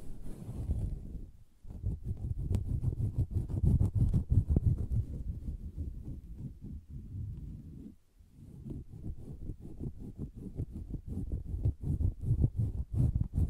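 Dense, rapid tapping and scratching on a soft fabric surface, muffled and low, with brief pauses near two and eight seconds.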